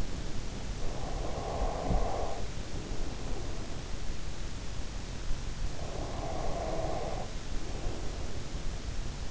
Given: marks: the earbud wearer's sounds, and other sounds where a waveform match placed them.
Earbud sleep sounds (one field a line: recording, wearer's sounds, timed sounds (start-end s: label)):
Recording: sounds in sleep by an in-ear microphone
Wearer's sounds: breath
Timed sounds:
0.49-4.66 s: breath
5.70-9.31 s: breath